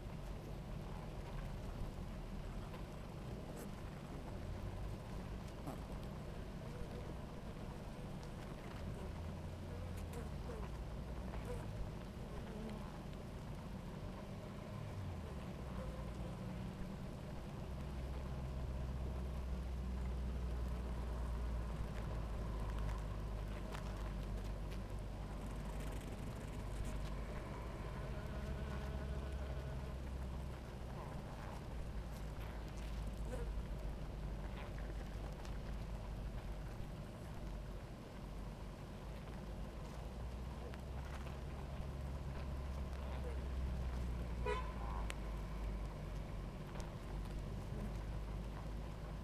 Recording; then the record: honeybee colony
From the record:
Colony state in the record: active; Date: 28 July 2017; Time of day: 17:35